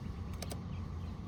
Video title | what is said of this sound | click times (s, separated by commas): How To Remove 2023-2025 Nissan Altima Interior Door Handle. | It popped right out though. | 0.4 s, 0.5 s